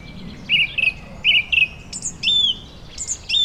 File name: tom chapman nature vineyard ambience summer evening birds occassional voice distant traffic germany